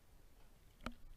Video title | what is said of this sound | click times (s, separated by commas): Kuga Campervan New Zealand - Instructional Video | to lower the seat unclip the stay put the seat down and press down until you hear the click | 0.9 s